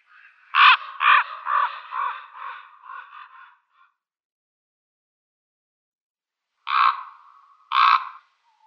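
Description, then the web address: Common raven uttering a run of hoarse croaks that fade in strength, followed after a silence by two more rough calls. "Schulze Peter Common Raven"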